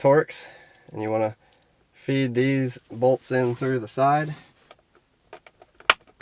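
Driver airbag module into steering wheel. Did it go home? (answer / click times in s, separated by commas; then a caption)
yes / 5.9 s. Someone talks while feeding T30 Torx bolts in through the side of a Lexus GX470 steering wheel, followed by a few small handling sounds. The driver airbag module is pushed into the steering wheel and a loud, sharp click is heard at 5.9 s as it seats into place.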